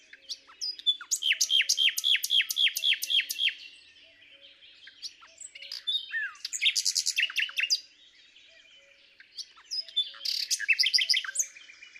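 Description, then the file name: Common nightingale song: a fast series of repeated sweeping notes, pauses, then dense chattering phrases and trills, with faint soft ticking in the background. "Luscinia megarhynchos"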